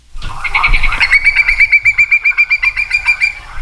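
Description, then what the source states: Hudsonian whimbrel calling: a rapid rippling series of many even whistled notes on one steady pitch, after a lower, rougher start. Played in a radio report; a species in decline.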